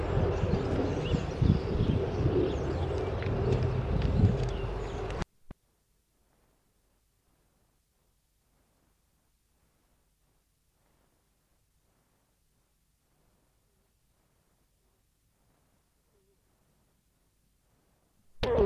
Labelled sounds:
Moose call
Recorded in captivity
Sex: male
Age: adult
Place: Tierpark Berlin, Berlin, DE
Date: 1965-09-19
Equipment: Uher 4000 Report-S, Transistorverstärker II, Sennheiser MD 421
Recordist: Tembrock, Günter

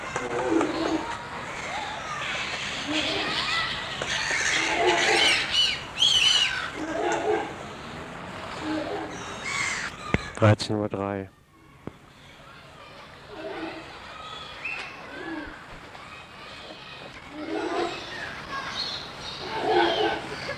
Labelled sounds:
Walrus call
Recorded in captivity
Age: juvenile
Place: Tierpark Carl Hagenbeck, Hamburg, DE
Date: 1986-09-12 13:03
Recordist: Tembrock, Günter

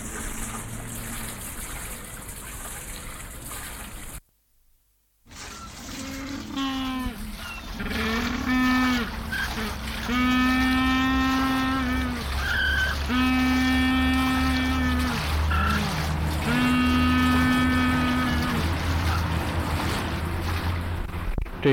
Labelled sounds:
Humboldt Penguin call
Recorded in captivity
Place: Zoo Dresden, Sachsen, DE
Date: 1995-05-17 15:45
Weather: bedeckt, 12°C
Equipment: Marantz CP 430, Sennheiser ME 80, Kopie Uher 4000 Report Monitor
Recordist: Tembrock, Günter

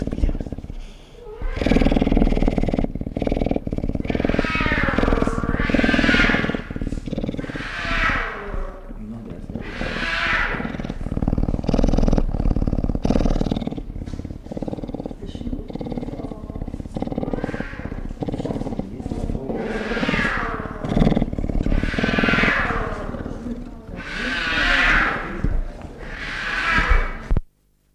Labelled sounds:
Puma
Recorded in captivity
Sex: diverse
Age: adult
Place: Zoo Berlin, Berlin, DE
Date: 1959-07-25 18:30
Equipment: Reporter (Vollspur)
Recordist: Tembrock, Günter

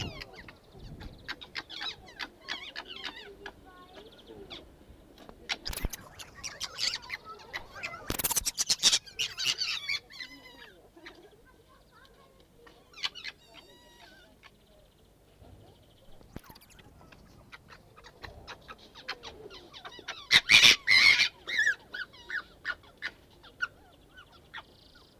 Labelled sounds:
Corsac Fox
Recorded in captivity
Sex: pair
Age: adult
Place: Tierpark Berlin, Berlin, DE
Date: 1968-03-09 15:00
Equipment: R 20/1, Sennheiser MD 421
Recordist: Tembrock, Günter

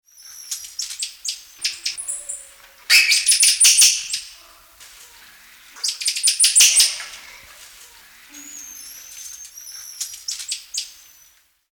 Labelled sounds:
Black-capped Squirrel Monkey
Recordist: Tembrock, Günter
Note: Lautfolgen

